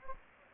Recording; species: mosquito wingbeat signal from an infrared sensor; Anopheles gambiae